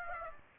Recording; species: mosquito wingbeat signal from an infrared sensor; Aedes aegypti